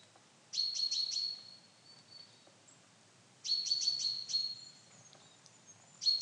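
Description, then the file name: Common chaffinch giving high, clipped note bursts with a level whistled tone running through them, two clear bouts about three seconds apart and a third beginning at the end. "Fringilla coelebs"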